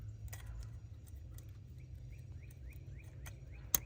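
A small plastic locking clip, the connector position lock, is pushed back into the electrical connector of a coolant temperature sensor. Over a steady low hum with faint scattered ticks and soft repeating chirps, a loud, sharp click sounds at 3.8 s as the clip seats.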